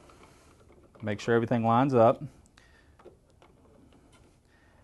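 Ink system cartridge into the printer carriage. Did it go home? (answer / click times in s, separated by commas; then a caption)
no / none. An ink system cartridge for SubliJet inks is positioned and lined up in the carriage of an Epson WF 7010 printer, part of a Quick Connect System CIS, before it is pressed home. Someone talks from about 1.1 to 2.3 s, followed by a few faint, brief ticks of handling between 2.6 and 3.9 s. Nothing has snapped or clicked into place yet.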